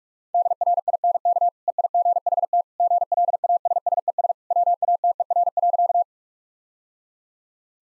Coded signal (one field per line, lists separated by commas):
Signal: Morse code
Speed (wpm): 46 wpm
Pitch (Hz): 700 Hz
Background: none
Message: DRINK EIGHT GLASSES WATER.